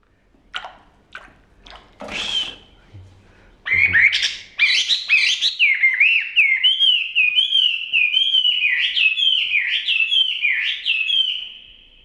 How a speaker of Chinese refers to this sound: 这是一位老人在给他养的画眉鸟洗澡，看着小鸟蹦蹦跳跳，叽叽喳喳，老人一脸慈爱的表情。